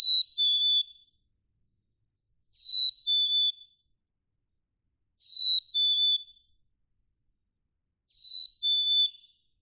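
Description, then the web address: Black-capped chickadee song: four clean whistled fee-bee phrases, each falling from a higher to a lower note, evenly spaced about every two and a half seconds. "birdsongforthecurious songs Black-capped Chickadee"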